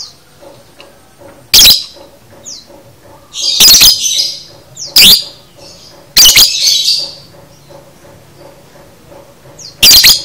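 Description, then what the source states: Lovebird making piercing, explosive chirps at irregular intervals, several followed by harsh buzzy trills, with faint thin squeaks between. Training recording (masteran) of a lovebird in the konslet chatter style, used to teach birds to chatter.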